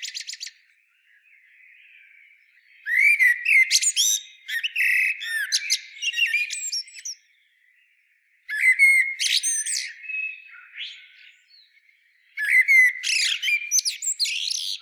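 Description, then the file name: Common blackbird giving bursts of scratchy, high twittering notes mixed with short whistles, in several bouts separated by quiet gaps. "Turdus merula"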